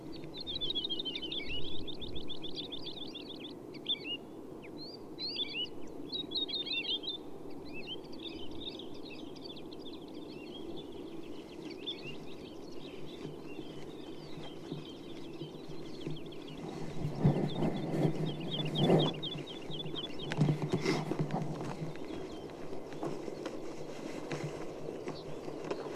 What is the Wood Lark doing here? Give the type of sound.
flight song